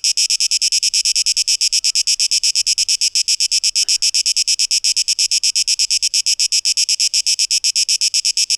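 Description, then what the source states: Cicada buzz, high and rasping, beating in quick regular pulses, with a faint soft thud midway. Cicadas, 12 August 2023, tape echo mix.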